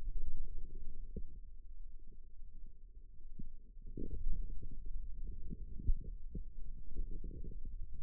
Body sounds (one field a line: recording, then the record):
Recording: forearm muscle sounds (acoustic myography)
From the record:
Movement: wrist flexion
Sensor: system 2, bracelet of six BSWA MPA416 microphones around the upper forearm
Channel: 2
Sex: male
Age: 22 years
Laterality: right